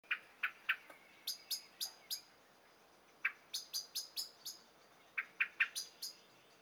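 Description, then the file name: Common blackbird sharp clicking calls, short bright notes in quick clusters of several, separated by brief pauses. "Turdus merula"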